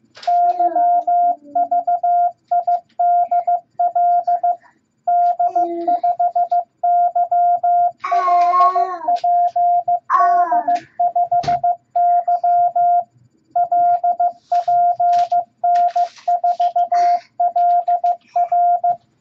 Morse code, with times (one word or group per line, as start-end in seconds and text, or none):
0.3-4.5 YVIDL
5.1-13.0 D5YLPD5Y
13.6-18.9 LPN4LR